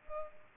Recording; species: mosquito wingbeat signal from an infrared sensor; Culex pipiens